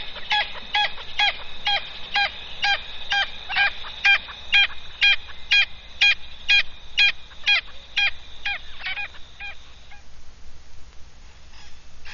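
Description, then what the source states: Hispaniolan parrot giving harsh, screechy squawks in a steady series, about two per second, for ten seconds before fading out. Local name Cotorra.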